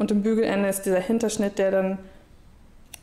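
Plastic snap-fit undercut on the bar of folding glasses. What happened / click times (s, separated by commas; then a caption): The plastic snap-fit latched into place / 2.9 s. Someone talks while closing a pair of foldable glasses, revealing a plastic bar whose snap-fit undercut latches into the mating part to hold the glasses together. At 2.9 s, after the talking fades, a short sharp click is heard as the undercut snaps into place and seats.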